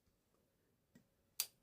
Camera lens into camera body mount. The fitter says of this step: You hear that click?